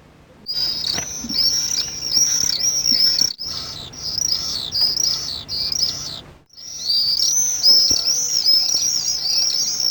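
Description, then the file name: Common swift screams, high buzzy trilled notes strung together in long wavering series, broken by two short pauses. Contact calls. "Mauersegler Lockrufe"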